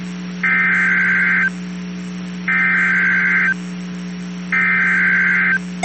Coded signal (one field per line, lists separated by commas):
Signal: Emergency Alert System (SAME) tones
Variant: header bursts